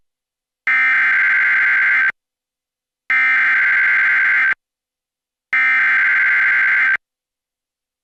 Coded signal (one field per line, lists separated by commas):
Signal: Emergency Alert System (SAME) tones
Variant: header bursts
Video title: (EAS #57) (FAIL) "PBS WOUB" - Severe Thunderstorm Warning (5/26/2024)